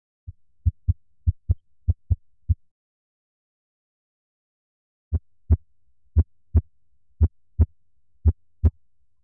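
Deep, muffled lub-dub heartbeats in two runs with a silent gap between them. The first run is quicker, near 100 beats a minute, and the second slows to about 57 a minute. It is a sound-effect heartbeat.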